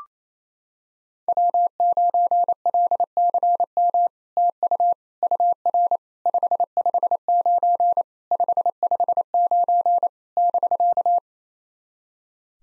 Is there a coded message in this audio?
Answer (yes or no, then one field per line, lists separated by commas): yes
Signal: Morse code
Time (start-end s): 1.3-11.2 s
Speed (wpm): 28 wpm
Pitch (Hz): 700 Hz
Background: none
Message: W9LCM TU UR 559 559 <BK>